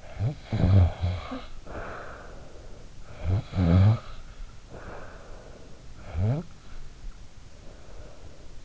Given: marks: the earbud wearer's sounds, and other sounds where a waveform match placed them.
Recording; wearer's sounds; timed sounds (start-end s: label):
sounds in sleep by an in-ear microphone; snoring breath
0.03-3.03 s: snoring breath
3.17-5.90 s: snoring breath
5.99-8.65 s: snoring breath